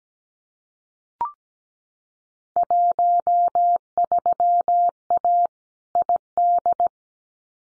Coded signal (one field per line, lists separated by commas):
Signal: Morse code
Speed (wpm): 17 wpm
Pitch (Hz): 700 Hz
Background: none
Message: 13A ID